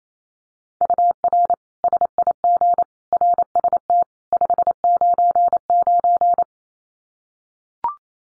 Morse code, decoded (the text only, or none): UR SIG RST 599